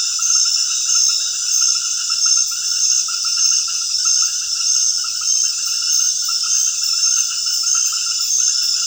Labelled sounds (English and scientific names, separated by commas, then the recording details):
none
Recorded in secondary vegetation near Puerto Asís, Putumayo, Colombia, on 29 June 2025 at 19:30
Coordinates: 0.498, -76.327
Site GP09